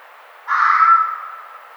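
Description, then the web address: Red fox producing one rough, hoarse call that starts abruptly and trails off over about a second. Recorded 1 May 2009. "Red Fox 2009 05 01"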